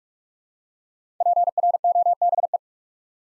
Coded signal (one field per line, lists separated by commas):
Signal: Morse code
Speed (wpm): 44 wpm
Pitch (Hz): 700 Hz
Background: none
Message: PROBE